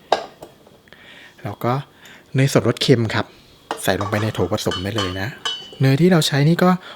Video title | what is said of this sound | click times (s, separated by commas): แจกสูตรเบเกอรี่ทำขายมา 10 ปี Ep.8 : คุกกี้เนยสด อัลม่อน&ช็อกโกแลตชิพ l กินได้อร่อยด้วย | นำมาใส่กับเครื่องผสมได้เลยครับให้เคเข้าล็อคดีๆเลยนะครับแล้ว | 0.1 s